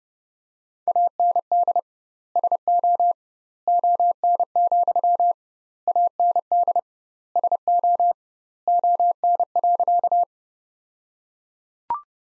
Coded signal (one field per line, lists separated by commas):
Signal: Morse code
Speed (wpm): 32 wpm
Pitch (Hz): 700 Hz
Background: none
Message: AND SO ON, AND SO ON.